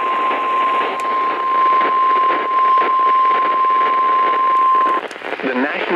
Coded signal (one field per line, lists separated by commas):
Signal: Emergency Alert System (SAME) tones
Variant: 1050 Hz attention tone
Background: speech